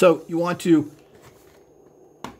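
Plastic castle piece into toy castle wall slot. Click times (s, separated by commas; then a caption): 2.2 s. A plastic castle piece is pushed into its slot on a toy castle wall, with someone talking at the start. At 2.3 s a short, sharp click is heard as the piece seats properly in the slot.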